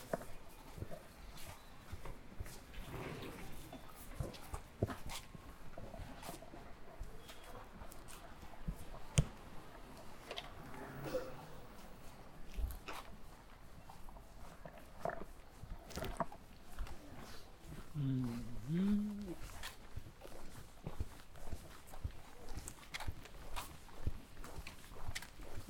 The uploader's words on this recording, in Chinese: 去香饵胡同吃小面｜城市声音。下午。